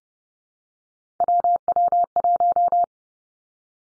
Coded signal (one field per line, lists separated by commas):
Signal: Morse code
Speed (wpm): 31 wpm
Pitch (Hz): 700 Hz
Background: none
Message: WW1